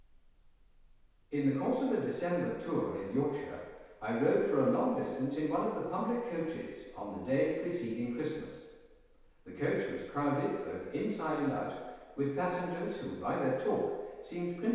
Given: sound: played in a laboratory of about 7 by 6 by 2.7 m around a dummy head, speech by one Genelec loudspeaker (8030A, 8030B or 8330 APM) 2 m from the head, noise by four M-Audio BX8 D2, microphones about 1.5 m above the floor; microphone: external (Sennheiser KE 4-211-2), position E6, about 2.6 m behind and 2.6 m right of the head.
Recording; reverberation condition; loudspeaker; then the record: male speech in English; high; 30 degrees to the left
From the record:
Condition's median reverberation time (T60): about 1300 ms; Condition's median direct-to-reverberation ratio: about -4.0 dB